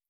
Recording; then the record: hydrophone in a shrimp aquaculture tank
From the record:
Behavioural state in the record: stressed